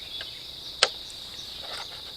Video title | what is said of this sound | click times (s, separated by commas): Russian Mammoth SUNFLOWERS and TRADED FOR SEEDS!! Homesteading 101 | turn it backwards and it locks in place and I'm ready to plant so | 0.8 s